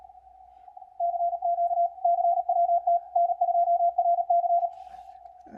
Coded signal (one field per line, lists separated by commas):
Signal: Morse code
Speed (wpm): 37 wpm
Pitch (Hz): 690 Hz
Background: none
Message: CQ CWT N2RC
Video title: Guided CWT VIDEO